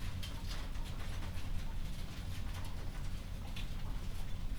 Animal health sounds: poultry house recording; healthy chickens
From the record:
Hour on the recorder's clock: 21

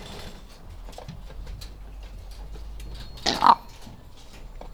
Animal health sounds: poultry house recording; sick chickens (respiratory disease)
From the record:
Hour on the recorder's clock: 14

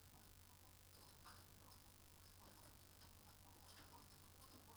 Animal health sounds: poultry house recording; healthy chickens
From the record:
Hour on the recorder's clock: 18

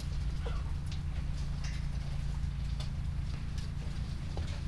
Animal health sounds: poultry house recording; sick chickens (respiratory disease)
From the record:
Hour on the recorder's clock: 2

